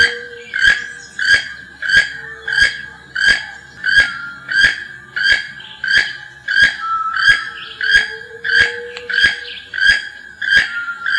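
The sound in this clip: Keel-billed toucan calling: harsh, rasping croaks repeated steadily about every two-thirds of a second throughout, with faint softer tones beneath.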